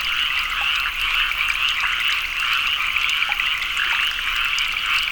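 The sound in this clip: Frog chorus of many overlapping callers, a constant high trilling wash with scattered sharper clicks and pips above it.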